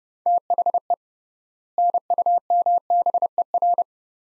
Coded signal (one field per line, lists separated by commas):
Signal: Morse code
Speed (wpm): 31 wpm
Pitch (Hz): 700 Hz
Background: none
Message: THE NUMBER